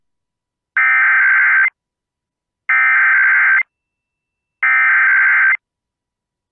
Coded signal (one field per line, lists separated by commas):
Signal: Emergency Alert System (SAME) tones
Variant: header bursts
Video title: EAS 3x Tornado Drill Michigan U.P. (Required Monthly Test) +WeatherSTAR4000 (WUPY WGLQ WIKB WFER)